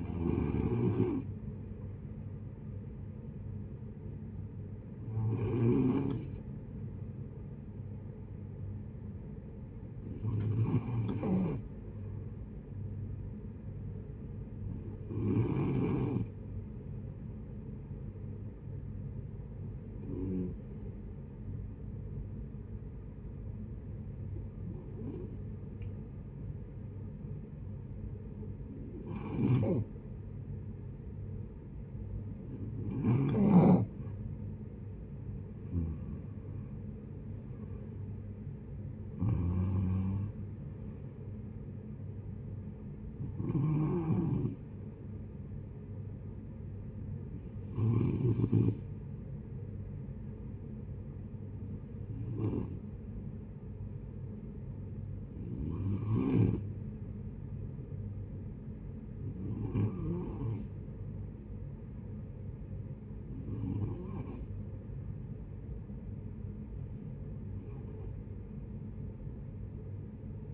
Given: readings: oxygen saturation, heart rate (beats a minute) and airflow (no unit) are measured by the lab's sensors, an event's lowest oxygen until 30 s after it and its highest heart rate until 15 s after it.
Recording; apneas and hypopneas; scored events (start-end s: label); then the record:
breathing in sleep by a smartphone at the bedside; 1
9.00-34.30 s: hypopnea (N1, oxygen 94% highest, then 88% lowest)
From the record:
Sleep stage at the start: N1 (lightest sleep); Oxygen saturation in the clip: 88 to 95%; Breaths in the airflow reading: 17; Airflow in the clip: -12.9 to 10.0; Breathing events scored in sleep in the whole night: 496 in 5.4 hours asleep